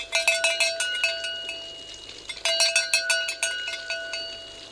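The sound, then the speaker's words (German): A doorbell at Schloss Greifenklau, an old castle, rings twice: two bursts of rapid, bright metallic clanging, each about two seconds long with a short pause between them, clear and unaccompanied by voices. “bitte zweimal klingeln.”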